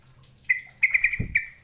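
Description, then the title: Bird chirps: one clear note, then a quick cluster of bright chirps, with a dull low thump in the middle. "Kicau Burung"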